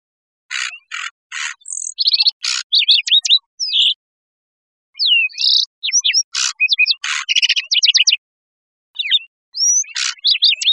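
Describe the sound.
Lark sparrow song: varied phrases mixing buzzy trills, clicks and sharp whistled notes, in bursts separated by pauses.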